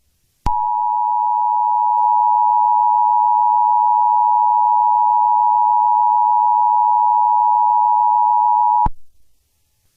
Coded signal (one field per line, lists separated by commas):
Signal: Emergency Alert System (SAME) tones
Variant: 853 and 960 Hz attention tone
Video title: EAS For Emojipocolpse (1)